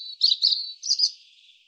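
European robin song: a short burst of high twittering notes in two groups over a thin sustained tone, fading out at the end.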